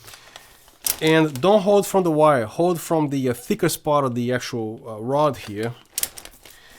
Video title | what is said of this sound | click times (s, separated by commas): SUTEFOTO P-80RGB LED Light And Several Other Things To Know! | this is actually self-explanatory when actually rise this you're gonna hear that click you keep doing this | 0.4 s